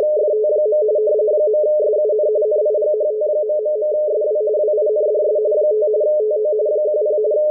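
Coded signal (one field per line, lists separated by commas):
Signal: RTTY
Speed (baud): 45.45 baud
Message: FT. .SUN NIGHT...SW WINDS 5 TO 10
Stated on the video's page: WLO coast station marine weather report in RTTY-45, received at 8473 kHz on a WebSDR.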